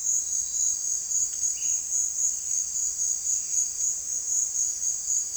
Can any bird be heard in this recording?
yes